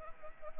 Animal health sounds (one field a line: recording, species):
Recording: mosquito wingbeat signal from an infrared sensor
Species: Anopheles arabiensis